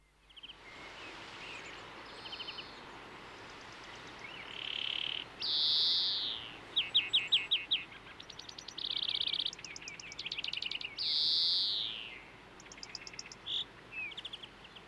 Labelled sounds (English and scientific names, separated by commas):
European Greenfinch (Chloris chloris) song